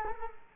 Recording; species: mosquito wingbeat signal from an infrared sensor; Culex quinquefasciatus